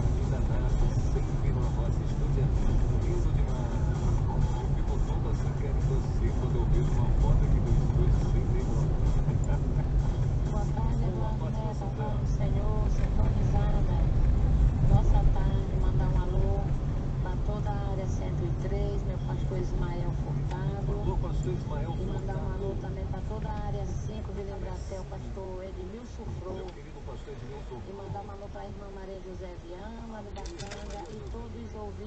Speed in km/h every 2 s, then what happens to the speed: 32, 33, 35, 37, 31, 30, 31, 32, 32, 32, 25, 9, 0, 0, 0, 0.
0-5 steady at about 33. 9-18 steady at about 32. 18-23 brakes to 0. 23-32 standing.